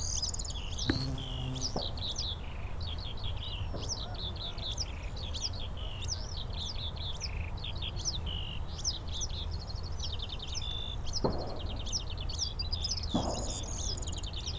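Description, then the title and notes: Eurasian skylark song, a long unbroken stream of rapid, high, twittering and trilled notes, with a few sharp bangs and a steady low rumble beneath. Several skylarks singing in fields by St. Isidore's wayside shrine, Sosna Góra, Siemianowice Śląskie, Poland; Saturday 18 May 2019; shooting range in background; Zoom H5, Audio-Technica BP4025. "Unnamed Road, Siemianowice Śląskie, Polska - skowronek przy kapliczce św. Izydora. Wśród pól znajduje się kapliczka świętego Izydora na Sosnej Górze. W polu śpiewają skowronki i brzęczą owady"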